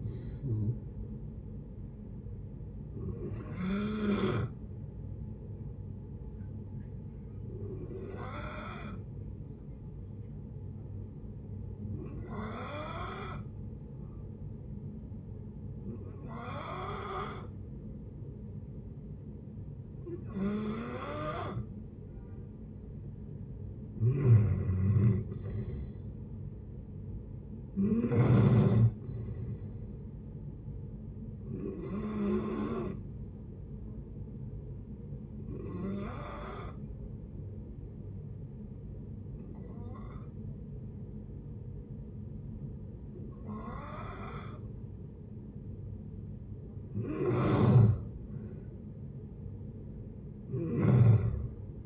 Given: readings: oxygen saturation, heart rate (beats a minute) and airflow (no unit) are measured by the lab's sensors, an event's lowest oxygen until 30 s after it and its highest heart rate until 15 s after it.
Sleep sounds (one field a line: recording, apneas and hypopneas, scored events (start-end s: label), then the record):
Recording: breathing in sleep by a smartphone at the bedside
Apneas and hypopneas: 2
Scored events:
6.00-23.80 s: hypopnea (N1, oxygen 95% highest, then 89% lowest)
30.00-51.86 s: new sleep stage, N2 (light sleep)
34.00-47.80 s: hypopnea (N2, oxygen 94% highest, then 89% lowest)
From the record:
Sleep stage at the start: N1 (lightest sleep)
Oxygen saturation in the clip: 89 to 95%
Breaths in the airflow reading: 13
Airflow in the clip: -6.6 to 8.0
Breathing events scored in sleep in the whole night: 496 in 5.4 hours asleep